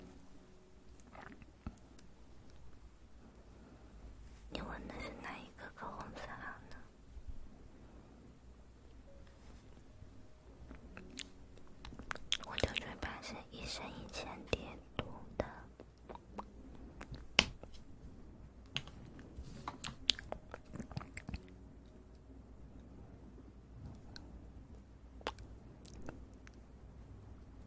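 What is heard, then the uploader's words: Ear eating: wet, crackly mouth sounds with sharp clicks and snaps, denser bursts around five and thirteen seconds, sporadic pops throughout. Relaxing Ear Eating.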